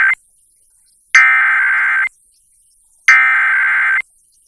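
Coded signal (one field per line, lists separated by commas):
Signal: Emergency Alert System (SAME) tones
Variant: header bursts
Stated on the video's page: Tornado Warning on a 95.7 MHz Top 40 FM station, 16.5 kW, received via SDR.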